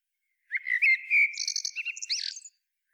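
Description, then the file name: Common blackbird song: a smooth, low, flute-like warble that runs into a rapid, high, chattering twitter, one phrase of about two seconds, with a quiet background. "Turdus merula"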